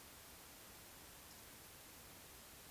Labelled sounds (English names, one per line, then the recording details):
Eurasian Woodcock whistle
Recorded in Baden-Württemberg, Germany, on 19 June 2020 at 20:04 UTC
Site 49006, 684 m above sea level